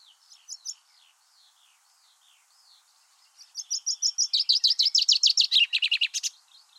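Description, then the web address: Common chaffinch song: after a few faint, scattered notes, a loud run of quick repeated notes falls in steps through the phrase and ends in a sharp flourish. "Deverinetal 2025 File origin Bird Only Fr Co"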